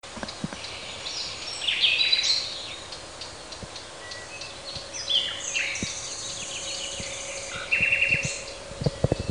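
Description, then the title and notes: Common nightingale song, a varied sequence of high trills, whistles and fast repeated chirps in short bursts, with clicking sounds and steady background hiss. Recorded in a park in Parabiago, Italy, in June 2003. "Usignolo al parco del Roccolo (giugno 2003)"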